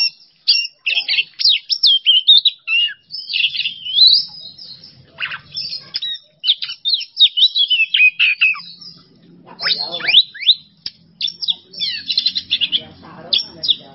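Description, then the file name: Oriental magpie-robin with loud, rapid song phrases of whistles, chips and scratchy notes, repeated in quick bursts throughout. Masteran training recording for songbirds; song style named bongkar isian emosi. "Masteran Kacer Bongkar Isian Emosi"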